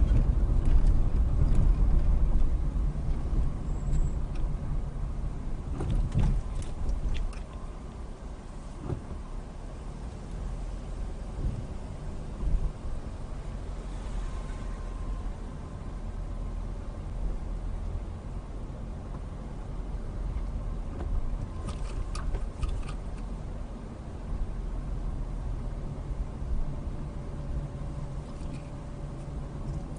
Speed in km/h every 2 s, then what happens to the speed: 19, 15, 10, 5, 5, 10, 10, 10, 10, 11, 10, 11, 15, 15, 16.
0-6 slows to 5. 6-21 steady at about 10. 21-30 speeds up to 16.